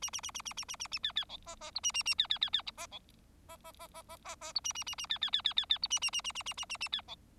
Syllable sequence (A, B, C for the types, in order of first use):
A A A A A A A A A B B C D D E A A A B B B B D D D D D D D E A A A A B B B B B B E A A A A A A A A A B C